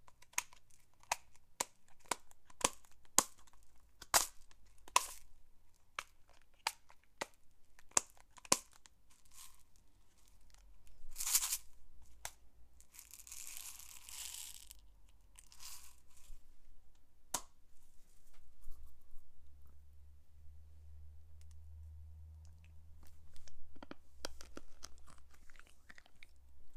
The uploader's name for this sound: ASMR with chocolate lolly and sweets and sprinkles